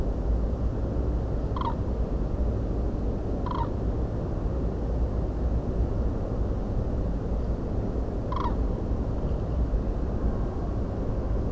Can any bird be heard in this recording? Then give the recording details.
yes. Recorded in France